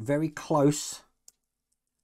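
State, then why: Seated. Someone talks as the plastic steering column of a 1:24 scale FDNY Ladder 9 model fire truck is pushed into a slot near the top of the dashboard. After the talking stops, a single short, sharp click at 1.3 s marks the column clipping itself into place, and it is seated.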